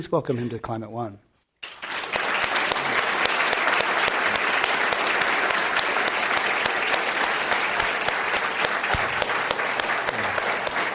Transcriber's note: applause